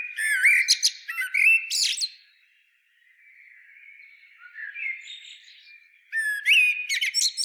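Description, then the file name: Common blackbird delivering a fluty warbled phrase topped with shrill chirps, a quiet gap of soft twittering, then another rich phrase with high notes. "Turdus merula"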